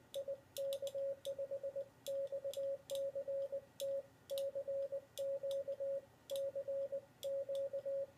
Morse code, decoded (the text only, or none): IK5XCT CQ CQ